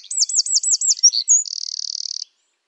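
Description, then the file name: Eurasian wren song, several high looping notes in quick succession, then a brief jumble and a fast, even trill that stops abruptly. "Troglodytes troglodytes"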